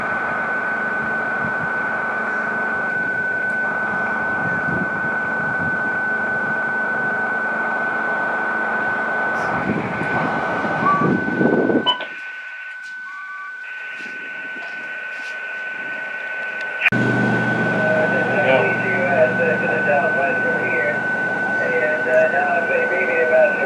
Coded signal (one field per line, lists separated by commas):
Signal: PSK31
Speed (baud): 31.25 baud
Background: speech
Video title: QRP portable fun PSK/SSB/CW with FT-817/MFJ-1899t, IC-706MKIIG/End Fed